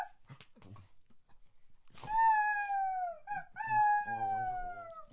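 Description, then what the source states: Dog whining: a high, drawn-out whine that slides slowly downward, broken briefly and then repeated, with a lower grumbling tone underneath near the end. A dog begging.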